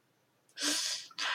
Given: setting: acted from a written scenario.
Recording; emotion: vocal sound without words; pain